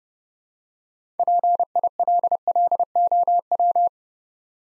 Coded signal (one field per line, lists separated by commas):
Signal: Morse code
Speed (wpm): 30 wpm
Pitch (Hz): 700 Hz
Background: none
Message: PILLOW